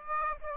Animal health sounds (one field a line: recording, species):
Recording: mosquito wingbeat signal from an infrared sensor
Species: Aedes aegypti